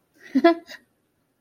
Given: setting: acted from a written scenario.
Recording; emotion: vocal sound without words; amusement